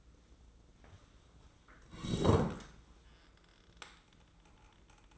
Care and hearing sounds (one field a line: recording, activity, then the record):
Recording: daily activity, microphone in the room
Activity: sit down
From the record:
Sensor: 3